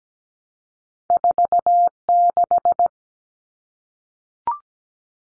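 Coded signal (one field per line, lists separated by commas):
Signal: Morse code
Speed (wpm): 17 wpm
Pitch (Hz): 700 Hz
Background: none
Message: 46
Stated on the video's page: Two-digit numbers sent at 17 wpm for head-copy drill, each sent, spoken, then sent again.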